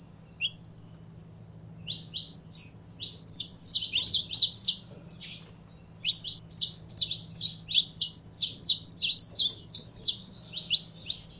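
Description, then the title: Belgian canary song starting after a short quiet moment, then a long continuous stream of rapid high trills and twitters. Song of a purebred Belgian canary. "Canto Do Canário Belga Puro"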